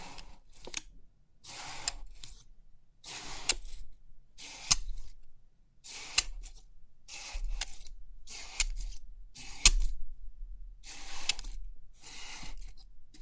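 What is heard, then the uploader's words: Pin art pins are pressed and released in crisp, rustling bursts about once a second, with sharp clicks and a faint low hum between bursts. Crisp 3D Pin Art Tingles(No Talking).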